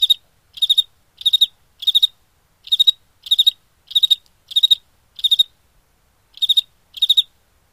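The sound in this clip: Cricket chirping, short pulsed chirps of three or four quick pulses, high-pitched and repeated irregularly about every half second, with brief pauses between runs.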